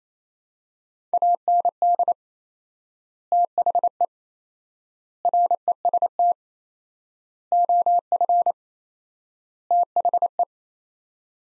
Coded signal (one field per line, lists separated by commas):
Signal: Morse code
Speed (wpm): 28 wpm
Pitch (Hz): 700 Hz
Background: none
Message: AND THE REST OF THE